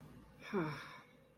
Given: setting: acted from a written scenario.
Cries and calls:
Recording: vocal sound without words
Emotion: embarrassment

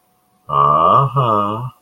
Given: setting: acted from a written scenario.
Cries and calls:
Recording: vocal sound without words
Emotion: sympathy

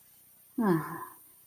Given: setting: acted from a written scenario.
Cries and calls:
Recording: vocal sound without words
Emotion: sadness

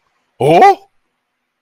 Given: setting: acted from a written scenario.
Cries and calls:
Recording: vocal sound without words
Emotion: realization

